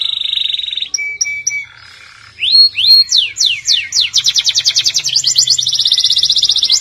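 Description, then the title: Canary singing a steady whistled note, brief chips, a short pause, then rising swoops leading into a fast, even, high-pitched trill. "Kenari"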